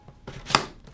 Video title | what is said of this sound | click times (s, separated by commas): SOLVED! Black and Decker Garden Vacuum & Leaf Blower (How to switch) | and snaps in place as such, | 0.6 s